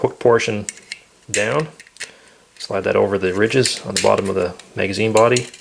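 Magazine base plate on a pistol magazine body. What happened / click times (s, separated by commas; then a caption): Metal plate slid along, not yet seated / none. Someone talks while a metal base plate is slid, hook portion down, over the ridges on the bottom of a TT-33 Tokarev pistol magazine body, with the magazine spring held compressed. Nothing has seated or clicked yet; the plate has not snapped back in place.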